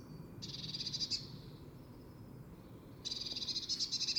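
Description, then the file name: Eurasian blue tit giving two rasping, pulsed churrs, the first about a second long, with a faint thin whistle in the pause between them. "Cyanistes caeruleus"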